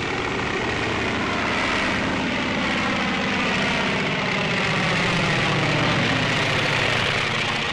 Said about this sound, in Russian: Пропеллер набирает обороты, по небу прилетает сигнальная ракета. Самолет начинает рулежку.